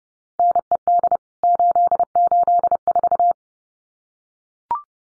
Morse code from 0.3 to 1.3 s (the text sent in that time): NED